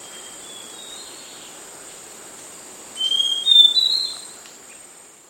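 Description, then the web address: Northern chestnut-tailed antbird giving a brief run of clear whistled notes partway through, against a steady high insect-like hum. Recorded in South America. "Natures Songs S America Northern Chestnut-Tailed Antbird"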